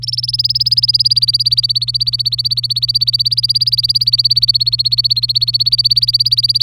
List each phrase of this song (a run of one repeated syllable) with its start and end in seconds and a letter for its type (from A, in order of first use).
0.02-6.62 A